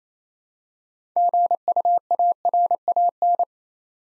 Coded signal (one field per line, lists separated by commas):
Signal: Morse code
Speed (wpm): 28 wpm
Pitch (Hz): 700 Hz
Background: none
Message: GUARAN